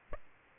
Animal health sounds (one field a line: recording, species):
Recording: mosquito wingbeat signal from an infrared sensor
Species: Aedes aegypti